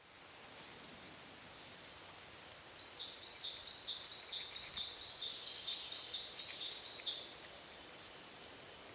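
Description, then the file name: Great tit giving falling whistled calls, one pair at first, then a long run of repeated high-to-low notes after a short pause. "Parus major"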